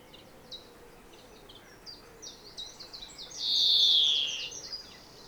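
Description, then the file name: European greenfinch giving soft scattered chips, then a long buzzy wheeze, followed by a few quieter notes. "Chloris chloris"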